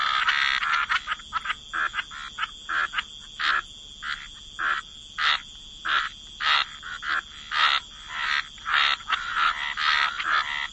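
Frogs calling in a dense chorus, overlapping croaking bursts repeated about every half second, over a steady high hum.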